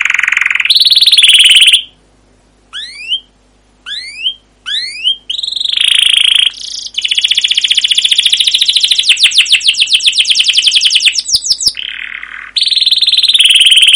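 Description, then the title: Canary singing buzzy sustained tours, several upslurred chirps after a pause, then a long rapid trill of repeated notes and more buzzy phrases. Canary song used as a lure (pancingan) to train other canaries; long gacor song with cuit cuit chirps and ngerol rolling trills. "CUIT CUIT NGEROL LANGSUNG GACOR PANJANG Kenari Pancingan KENAR. Masteran Suara Burung Kenari Gacor Panjang cuit cuit Ngerol untuk Pancingan Kenari!"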